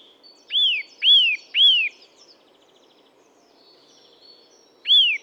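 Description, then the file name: Eurasian nuthatch calls, loud arched whistled notes, three in quick succession about half a second apart, then a pause and one more. "Sitta europaea"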